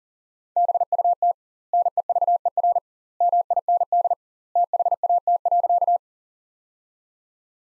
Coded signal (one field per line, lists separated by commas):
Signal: Morse code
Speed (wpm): 40 wpm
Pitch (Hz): 700 Hz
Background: none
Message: BUT NEVER MIND THAT.